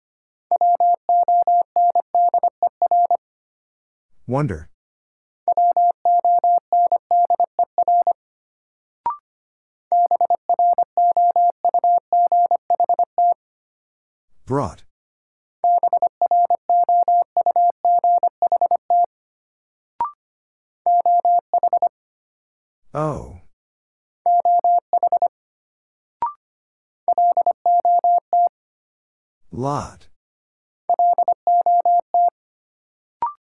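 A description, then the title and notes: Morse code beeps out as a steady mid-pitched tone in quick, regular bursts, sent in groups separated by short silences. Roughly every eight to nine seconds a brief sweeping whoosh cuts in between groups, and faint single clicks sit in some gaps. First, the word is sent in Morse code. Then it is spoken. 25wpm.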